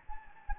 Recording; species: mosquito wingbeat signal from an infrared sensor; Anopheles gambiae